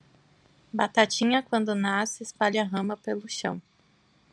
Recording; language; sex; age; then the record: short text; Brazilian Portuguese; female; 20 to 29 years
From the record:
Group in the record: control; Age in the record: 27 years